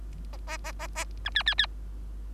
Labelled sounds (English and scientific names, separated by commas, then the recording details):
Bengalese Finch (Lonchura striata domestica) song
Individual Bird3